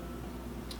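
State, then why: Seated. A Nutribullet Juicer Pro lid is put back in place on the juicer body and its latch is raised so it hooks in. Over a steady low background hum, a single short, bright click sounds at 0.7 s as the latch seats, leaving the juicer all set to go.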